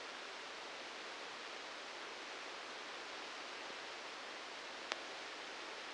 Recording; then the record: brain microelectrode recording played as sound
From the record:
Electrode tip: outside the subthalamic nucleus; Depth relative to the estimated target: 0 mm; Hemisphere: left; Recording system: NeuroSet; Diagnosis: Parkinson's disease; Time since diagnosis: 19 years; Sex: female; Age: 69 years